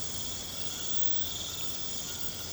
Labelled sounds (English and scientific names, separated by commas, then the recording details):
none
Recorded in pastures near Puerto Asís, Putumayo, Colombia, on 24 March 2025 at 23:30
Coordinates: 0.472, -76.329
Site G074